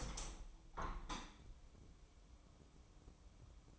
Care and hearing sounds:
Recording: daily activity, microphone in the room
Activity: open window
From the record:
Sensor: 1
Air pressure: 1014.9 hPa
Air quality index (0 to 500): 30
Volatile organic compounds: 1 ppm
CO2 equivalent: 534 ppm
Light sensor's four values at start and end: 10/25/10/11 and 11/25/10/11

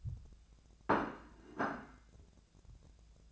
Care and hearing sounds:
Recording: daily activity, microphone in the room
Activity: place plate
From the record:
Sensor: 2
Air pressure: 1000.0 hPa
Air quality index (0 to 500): 133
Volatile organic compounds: 2 ppm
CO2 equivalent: 1132 ppm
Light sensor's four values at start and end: 26/66/28/31 and 27/66/28/31

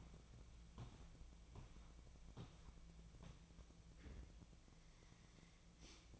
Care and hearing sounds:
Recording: daily activity, microphone in the room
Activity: walk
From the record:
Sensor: 1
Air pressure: 1012.2 hPa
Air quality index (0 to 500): 177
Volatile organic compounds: 3 ppm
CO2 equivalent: 1453 ppm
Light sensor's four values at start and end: 47/128/52/64 and 51/137/56/70

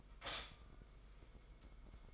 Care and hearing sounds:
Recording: daily activity, microphone in the room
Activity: stop toaster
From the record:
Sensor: 5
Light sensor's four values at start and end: 36/112/43/45 and 36/112/43/45

